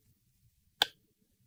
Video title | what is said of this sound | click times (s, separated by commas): Baldee Live: Mega IIe Returns! | oh wait I just heard it click | 0.8 s